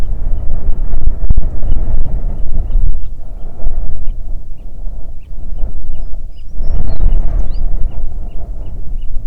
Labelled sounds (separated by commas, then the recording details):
songbird, wind
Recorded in the Prudhoe Bay oil fields, Alaska, on 9 June 2019 at 17:10
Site 21